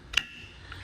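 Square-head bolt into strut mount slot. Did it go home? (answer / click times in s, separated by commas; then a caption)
yes / 0.2 s. A square-head bolt, which only fits one way, is fitted into the slot of the adjustable strut mount on a 2021 Camaro ZL1 1LE while the mount is moved to its track setting. A sharp, bright tick at 0.2 s marks the bolt locking into place, followed by a much fainter tick near 0.7 s over low background noise. The bolt is seated.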